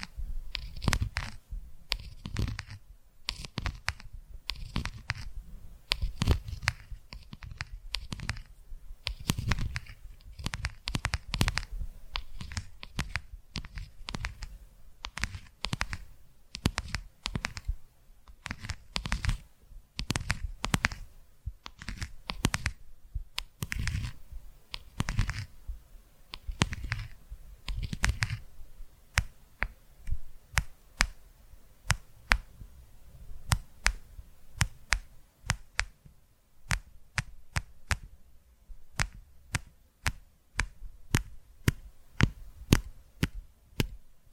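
Quick, irregular tapping with sharp clicks and soft low thumps, dense at first, then sparser, crisper taps after about thirty seconds.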